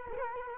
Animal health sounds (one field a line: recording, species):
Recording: mosquito wingbeat signal from an infrared sensor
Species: Culex quinquefasciatus